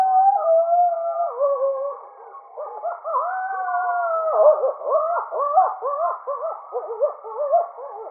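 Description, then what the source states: Coyote group howling: long sliding howls give way to rapid warbling yips, roughly two per second, several animals calling together throughout. Howling, recorded 30 August 2008.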